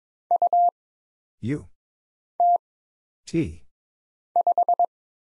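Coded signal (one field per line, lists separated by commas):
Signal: Morse code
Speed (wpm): 22 wpm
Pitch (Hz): 700 Hz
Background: none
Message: U T 5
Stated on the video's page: Morse practice at 22 wpm of single letters, numbers, punctuation and prosigns with short timing for instant character recognition.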